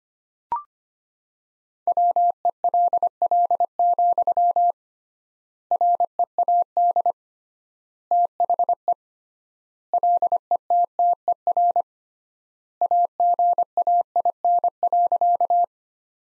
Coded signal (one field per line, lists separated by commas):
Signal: Morse code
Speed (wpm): 25 wpm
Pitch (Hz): 700 Hz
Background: none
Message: WELL, READ THE LETTER AGAIN.